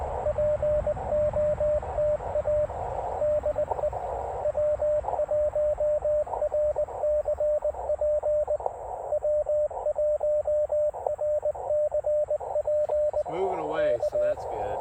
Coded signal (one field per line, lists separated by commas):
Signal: Morse code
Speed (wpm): 20 wpm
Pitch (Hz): 590 Hz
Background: speech, radio noise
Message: POTA DE W1RCP W1RCP K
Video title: Can this antenna POTA? 📶17’ RandoWire QRP antenna 📡